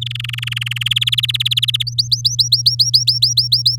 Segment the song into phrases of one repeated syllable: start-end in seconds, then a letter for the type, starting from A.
0.01-0.88 A, 0.91-1.83 B, 1.87-3.76 C